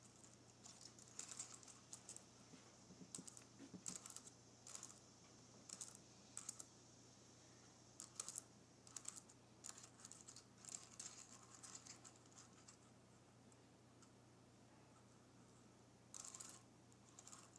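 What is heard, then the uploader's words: Fingernails graze and tap across a keyboard in quick bursts of light, bright clicks and scrapes, clustered around the first few seconds, again near 8 to 12 seconds, and at 16 seconds. A steady low hum runs underneath throughout, with brief quiet gaps between bursts. Nails Grazing Across my Keyboard.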